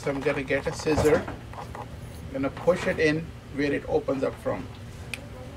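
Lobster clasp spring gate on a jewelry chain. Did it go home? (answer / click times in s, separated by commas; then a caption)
released / 5.1 s. A scissor tip is pushed into the opening side of the stiff spring gate of a lobster clasp on a metal jewelry chain while someone talks. A short, sharp click sounds at 5.1 s as the clasp's spring loosens.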